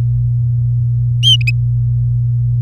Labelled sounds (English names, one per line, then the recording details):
Domestic Canary song
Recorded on 4 May 2018 at 09:24
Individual llb16